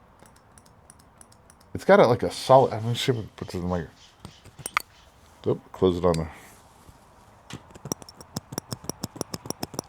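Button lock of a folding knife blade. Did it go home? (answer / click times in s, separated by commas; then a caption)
yes / 7.9 s, 8.6 s, 8.9 s, 9.0 s, 9.5 s, 9.8 s. Someone talks while the blade of an HX Outdoors Rock Sapphire folding knife is repeatedly flicked open and closed so its metal button lock engages. Sharp clicks are heard at 7.9, 8.6, 8.9, 9.0, 9.5 and 9.8 seconds. Each is a clean engaging click rather than a bad click, showing the button lock seating properly.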